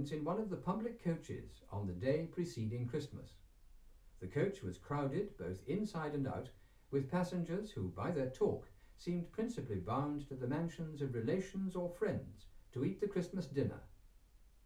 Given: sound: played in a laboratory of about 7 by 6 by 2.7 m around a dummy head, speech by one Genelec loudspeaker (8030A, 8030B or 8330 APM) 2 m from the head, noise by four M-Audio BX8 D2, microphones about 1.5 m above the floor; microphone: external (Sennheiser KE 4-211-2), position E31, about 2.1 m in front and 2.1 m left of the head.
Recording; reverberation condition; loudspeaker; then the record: male speech in English; low; behind (180 degrees)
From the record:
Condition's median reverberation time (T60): about 310 ms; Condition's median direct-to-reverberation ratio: about 3.5 dB